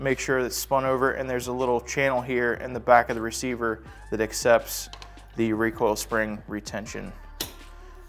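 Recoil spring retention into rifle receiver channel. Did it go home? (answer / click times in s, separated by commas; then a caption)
yes / 7.4 s. During reassembly of a Century Arms VSKA 7.62x39 rifle, the recoil spring, spun over and set in the back of the bolt carrier, has its steel retention pushed into the little channel at the rear of the receiver while someone talks. A single sharp click at 7.4 s marks the retention seating and locking into the receiver.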